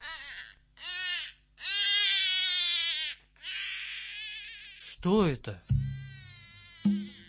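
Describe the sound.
A newborn infant, Devaki's eighth son, cries in a dungeon in repeated wailing bursts with rising and falling pitch, fairly loud, followed by a brief spoken question and more crying sounds.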